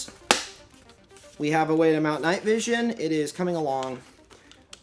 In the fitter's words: the ears are on they can lock into place